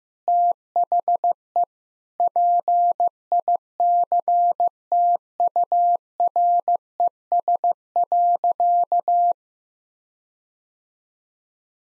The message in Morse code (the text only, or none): THE PICTURES.